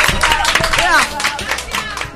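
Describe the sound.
A burst of dense applause from a small group of students from a public school in Buenos Aires during the Hora Libre en el Barrio radio program, steady, rapid clapping that continues throughout, with excited voices calling out over it.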